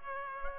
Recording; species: mosquito wingbeat signal from an infrared sensor; Culex pipiens